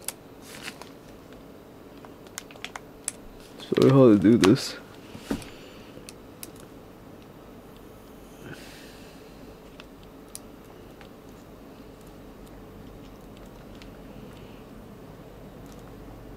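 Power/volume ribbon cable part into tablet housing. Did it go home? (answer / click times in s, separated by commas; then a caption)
no / none. Someone talks while working a power on/off and volume control ribbon cable part into the housing of a 2012 updated new-model iPad 2 during a repair. Small scattered ticks and taps are heard, with a louder burst of handling noise around 3.7–4.7 s. Nothing has seated or clicked into place yet.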